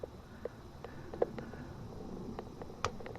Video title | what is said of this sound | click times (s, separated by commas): 2002 Dodge Grand Caravan Plugs, Wires, PCV Valve and Molded PCV Hose | you just do it till it clicks there | 2.8 s